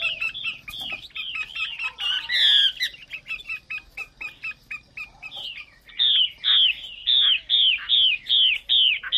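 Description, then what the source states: Chinese hwamei singing a varied sequence: quick chattering notes, then a steady series of loud, clear down-slurred whistles repeated rhythmically. Female hwamei singing.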